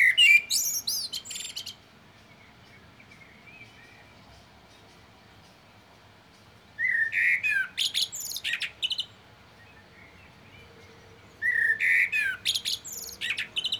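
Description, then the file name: Common blackbird song: three phrases, each a low fluted warble followed by a burst of high, squeaky twittering, separated by several seconds of quiet. "Turdus merula"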